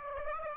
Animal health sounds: mosquito wingbeat signal from an infrared sensor; Aedes aegypti

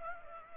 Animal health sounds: mosquito wingbeat signal from an infrared sensor; Culex pipiens

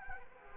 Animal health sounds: mosquito wingbeat signal from an infrared sensor; Anopheles arabiensis

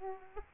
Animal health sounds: mosquito wingbeat signal from an infrared sensor; Aedes aegypti

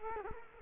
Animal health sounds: mosquito wingbeat signal from an infrared sensor; Culex quinquefasciatus

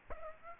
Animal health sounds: mosquito wingbeat signal from an infrared sensor; Aedes aegypti

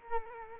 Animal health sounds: mosquito wingbeat signal from an infrared sensor; Culex quinquefasciatus

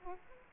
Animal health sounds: mosquito wingbeat signal from an infrared sensor; Aedes aegypti

